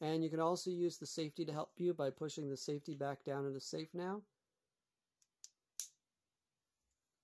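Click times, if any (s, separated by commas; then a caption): 5.8 s. Someone talks, then the slide safety lever on the slide of a WE Tech M9 series (Gen 2 / ATV2) airsoft pistol is pushed back down into the safe position. Its spring-loaded detent plunger snaps into the detent with a sharp click at 5.8 s, after a few faint ticks just before. The safety is seated in safe.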